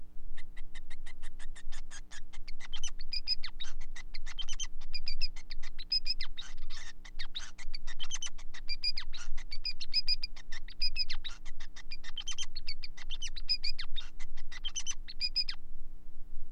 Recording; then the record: song of a male Bengalese finch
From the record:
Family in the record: son of father 5